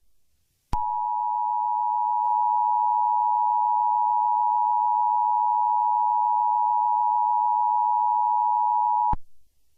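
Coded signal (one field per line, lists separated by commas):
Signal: Emergency Alert System (SAME) tones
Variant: 853 and 960 Hz attention tone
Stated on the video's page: Statewide child abduction emergency received on radio, plus a reenacted recreation made with EASyPlus.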